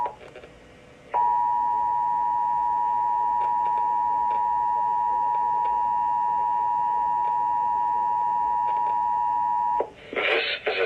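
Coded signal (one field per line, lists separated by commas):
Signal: Emergency Alert System (SAME) tones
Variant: 853 and 960 Hz attention tone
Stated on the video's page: Nationwide EAS test tones, a live national test issued as a presidential alert.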